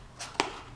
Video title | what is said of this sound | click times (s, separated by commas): Prism Gift Box | quickly that sticks and it's in the right spot cuz you can hear it kind of Click right into place | 0.4 s